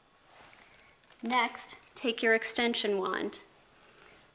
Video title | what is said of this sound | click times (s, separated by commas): I Tested Top Vacuums and Found the REAL Winner for Cleaning -- BEST Vacuum Cleaner -- amazon | with the back of the motorized floor brush and push down until you hear it click into place. | 0.5 s, 0.6 s